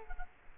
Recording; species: mosquito wingbeat signal from an infrared sensor; Culex quinquefasciatus